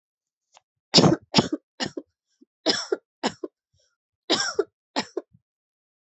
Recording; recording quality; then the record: shallow voluntary cough; excellent, no background noise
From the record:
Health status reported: healthy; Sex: female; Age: 25 years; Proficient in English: yes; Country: India